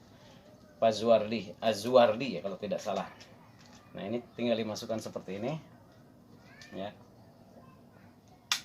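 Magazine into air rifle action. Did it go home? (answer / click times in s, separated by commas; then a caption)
yes / 8.5 s. A magazine is inserted into the action of an FX Impact MkII PCP air rifle and closed, while someone talks. A single sharp click at 8.5 seconds marks the magazine seated and the action closed.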